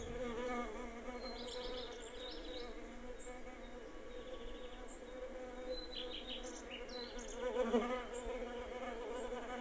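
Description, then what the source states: Bees buzzing in a steady, wavering hum, with brief high chirps from birds scattered above and a short louder burst near the end. Bees in a garden, with birds.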